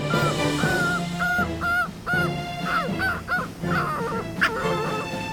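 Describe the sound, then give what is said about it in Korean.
A puppy whimpers in a run of short, high-pitched whines that rise and fall in pitch, repeating steadily for several seconds with no one speaking. “이것 봐요. 낑낑대면서 반성하잖아요.”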